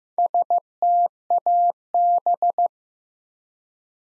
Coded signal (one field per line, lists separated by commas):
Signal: Morse code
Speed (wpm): 15 wpm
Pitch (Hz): 700 Hz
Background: none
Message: STAB